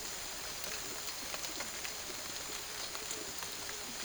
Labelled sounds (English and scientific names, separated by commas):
none